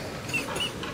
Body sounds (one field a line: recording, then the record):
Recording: coughing mixed with background sound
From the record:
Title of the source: Dry Afternoon Cough